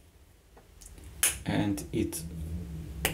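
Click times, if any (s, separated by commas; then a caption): 3.1 s. A snap cap is pushed onto the body of a Waterman Allure Deluxe fountain pen while someone talks. It snaps home with a sharp click at 3.0 seconds and seats very tightly.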